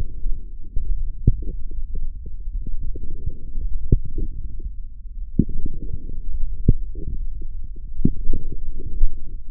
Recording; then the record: forearm muscle sounds (acoustic myography)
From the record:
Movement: forearm pronation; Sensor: system 1, eight BSWA MPA416 microphones around the upper forearm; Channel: 5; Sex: male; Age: 20 years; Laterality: left